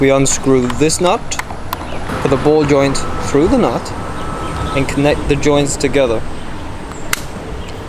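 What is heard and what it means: A plastic ball joint from the phone cradle of a Lamicall BP05 bike phone mount, passed through its unscrewed nut, is pushed into the mating joint on the handlebar clamp. Someone talks while it's assembled, and a sharp click at 7.1 s marks the ball joint seating into the mount joint, ready for the nut to be tightened.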